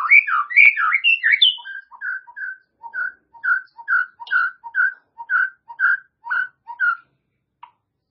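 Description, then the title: White-rumped shama song: a tumbling run of rich whistles, then a steady series of short paired notes. "murai batu"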